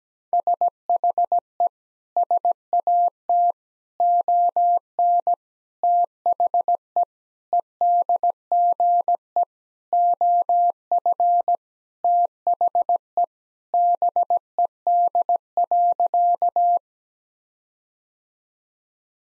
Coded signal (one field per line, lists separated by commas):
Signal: Morse code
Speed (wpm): 17 wpm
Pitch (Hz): 700 Hz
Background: none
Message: SHE SAT ON THE EDGE OF THE BED.